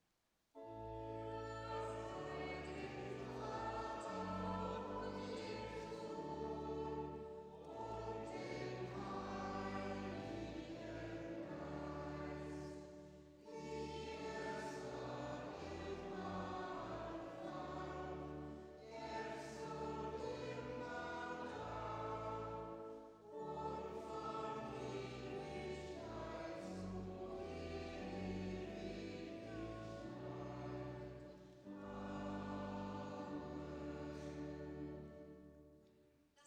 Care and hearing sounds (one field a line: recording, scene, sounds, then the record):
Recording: everyday scene through a hearing-aid microphone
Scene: reverberant space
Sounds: music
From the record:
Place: church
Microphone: in the ear canal, left